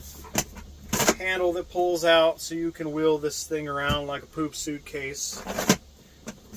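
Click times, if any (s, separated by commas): 6.3 s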